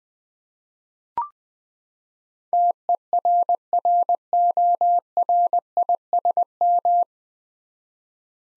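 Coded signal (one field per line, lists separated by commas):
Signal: Morse code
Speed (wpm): 20 wpm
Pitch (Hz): 700 Hz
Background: none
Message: TERRORISM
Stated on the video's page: Morse practice drill at 20wpm of nine-letter words for head-copy, each word sent twice.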